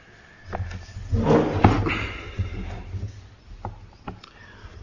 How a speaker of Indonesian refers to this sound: Entah bisa tutup pintu dari luar enggak?